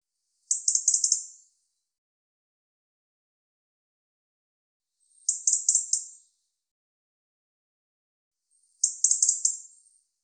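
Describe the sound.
European robin: three brief, very high bursts of rapid stuttering ticks, each about a second long, a few seconds apart, against a silent background.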